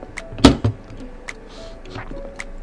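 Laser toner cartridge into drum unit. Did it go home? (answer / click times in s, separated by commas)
yes / 0.5 s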